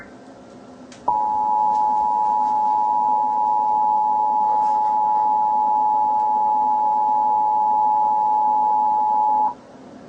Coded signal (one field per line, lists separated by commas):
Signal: Emergency Alert System (SAME) tones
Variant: 853 and 960 Hz attention tone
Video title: EAS Scenario: DO NOT FALL A SLEEP: 🛌 😴 💤 (CIVIL DANGER WARNING.)